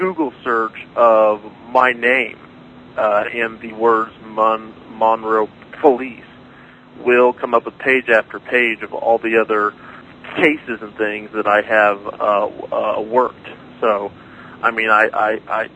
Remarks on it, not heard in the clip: You view your stuttering as an asset as a detective.